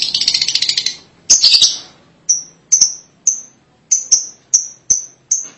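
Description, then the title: Lovebird calls: a brief burst of harsh rapid chatter followed by evenly spaced, sharp high chirps about two a second. "BM Suara Burung Lovebird"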